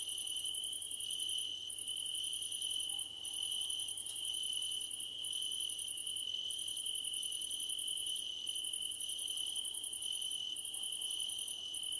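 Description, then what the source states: Night crickets giving a steady high-pitched trill while another chirps in long pulsed bursts with brief pauses every second or two. Crickets at night under a starlit sky.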